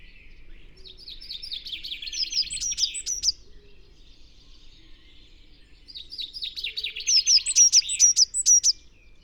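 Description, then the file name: Eurasian blue tit calling: two bouts of rapid high chirping notes, each a quick trill ending in sharp down-slurred peeps, the second bout louder, separated by a few seconds of quiet. "Cyanistes caeruleus"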